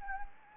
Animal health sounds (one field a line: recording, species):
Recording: mosquito wingbeat signal from an infrared sensor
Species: Anopheles gambiae